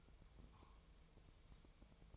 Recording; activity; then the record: daily activity, microphone in the room; take from stove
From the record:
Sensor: 1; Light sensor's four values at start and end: 9/22/8/9 and 9/22/8/9